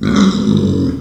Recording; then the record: squeal of a Yucatan mini pig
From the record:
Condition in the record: after surgery on the right vocal fold (resection and tissue-engineered implant); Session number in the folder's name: 13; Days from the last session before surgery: 113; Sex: female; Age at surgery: 19 weeks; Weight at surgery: 25 kg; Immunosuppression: prednisolone